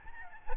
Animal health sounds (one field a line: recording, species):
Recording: mosquito wingbeat signal from an infrared sensor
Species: Aedes albopictus